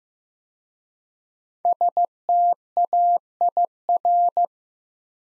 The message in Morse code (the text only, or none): STAIR